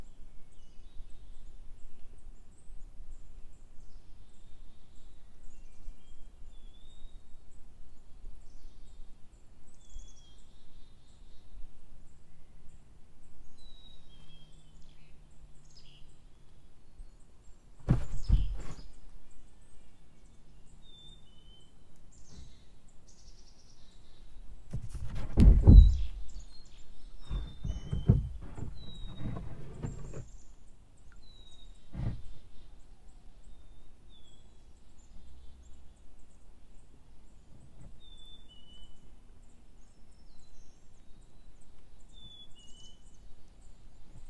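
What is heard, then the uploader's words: Drifting in a kayak on a quiet river, with a low steady hush of water and air beneath everything. Small bird chirps dot the clip throughout. Near the middle come a sharp knock around 18 seconds and a burst of splashing and paddle or hull sounds around 25 to 32 seconds. (kayak drifting on a river). This recording was made on July 13, 2023 on the Preston River in Duhamel, Québec. Drifting on a river in a kayak.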